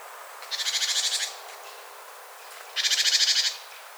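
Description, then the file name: Great tit call, two harsh buzzy rattling bursts of rapid repeated notes, each under a second long, separated by a pause of about one and a half seconds. "Parus major"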